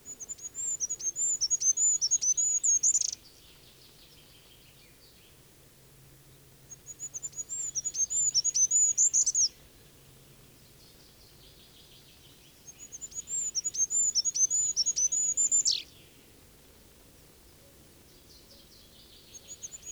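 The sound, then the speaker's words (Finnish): Three bursts of very high, thin goldcrest song, each a rhythmic see-sawing phrase of about three seconds ending in a quick flourishing trill, separated by pauses over a low, steady background hum. “Rytmikkäästi veivaavan säkeen loppuun hippiäinen laittaa lystikkään trillin.”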